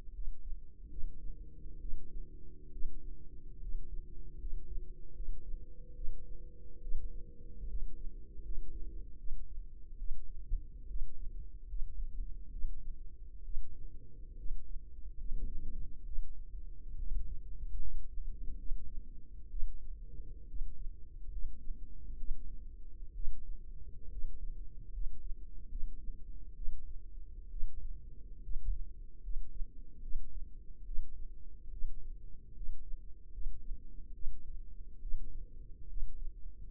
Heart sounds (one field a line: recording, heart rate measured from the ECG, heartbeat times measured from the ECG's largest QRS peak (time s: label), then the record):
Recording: heart sounds by microphone in the left ear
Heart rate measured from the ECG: 71 bpm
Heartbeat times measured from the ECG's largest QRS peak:
0.12 s: heartbeat
0.89 s: heartbeat
1.80 s: heartbeat
2.71 s: heartbeat
3.60 s: heartbeat
4.38 s: heartbeat
5.14 s: heartbeat
5.95 s: heartbeat
6.81 s: heartbeat
7.67 s: heartbeat
8.43 s: heartbeat
9.17 s: heartbeat
9.98 s: heartbeat
10.87 s: heartbeat
11.67 s: heartbeat
12.50 s: heartbeat
13.44 s: heartbeat
14.36 s: heartbeat
15.17 s: heartbeat
16.04 s: heartbeat
16.97 s: heartbeat
17.79 s: heartbeat
18.57 s: heartbeat
19.50 s: heartbeat
20.47 s: heartbeat
21.30 s: heartbeat
22.17 s: heartbeat
23.14 s: heartbeat
24.10 s: heartbeat
24.92 s: heartbeat
25.69 s: heartbeat
26.55 s: heartbeat
27.50 s: heartbeat
28.42 s: heartbeat
29.22 s: heartbeat
30.01 s: heartbeat
30.85 s: heartbeat
31.71 s: heartbeat
32.54 s: heartbeat
33.32 s: heartbeat
34.13 s: heartbeat
35.01 s: heartbeat
35.88 s: heartbeat
36.66 s: heartbeat
From the record:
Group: healthy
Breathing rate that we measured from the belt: 16 breaths a minute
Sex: female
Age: 22 years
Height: 163 cm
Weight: 67.1 kg